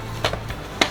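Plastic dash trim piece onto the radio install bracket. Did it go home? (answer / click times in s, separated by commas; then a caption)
yes / 0.8 s. A plastic radio trim bezel is flipped over, lined up on top of an aftermarket radio install bracket in a Kia, and pressed down. Light plastic taps and handling sounds come at about 0.3 s and 0.5 s, then a sharp, loud snap at 0.8 s as the trim seats into place and holds.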